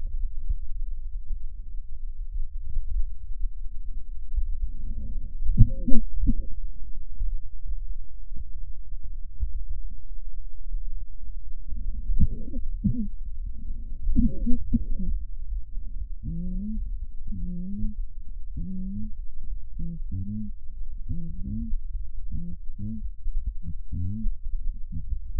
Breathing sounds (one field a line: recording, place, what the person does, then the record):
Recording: lung sounds by stethoscope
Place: left posterior basal chest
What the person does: quiet breathing, then cough and speech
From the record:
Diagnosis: COPD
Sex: female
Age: 68 years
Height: 150 cm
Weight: 70 kg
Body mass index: 31.1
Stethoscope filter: bell mode